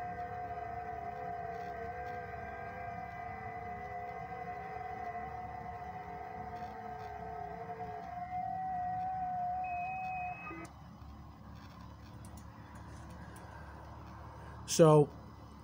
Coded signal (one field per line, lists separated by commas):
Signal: FT8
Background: speech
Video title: Power's Out! Quick Test-Portable Station. Multiband Vertical Antenna 20/17/15/12/10 Meters.